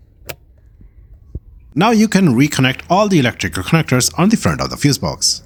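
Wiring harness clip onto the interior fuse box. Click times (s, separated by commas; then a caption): 0.3 s. A plastic wiring harness retaining clip is pushed back onto the bottom front of the interior fuse box of a Kia Sportage and snaps into place with a sharp click at 0.3 s, seating it. A fainter tick follows at 1.4 s, and then someone talks.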